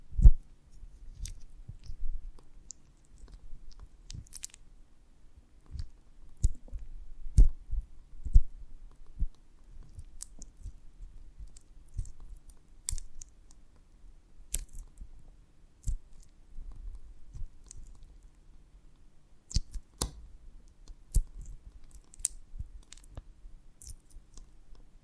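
Honeycomb ASMR with irregular sticky clicks and crisp taps scattered throughout, over a soft low rumble, with occasional brighter snaps and crackles.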